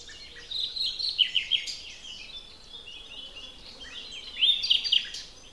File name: Luscinia megarhynchos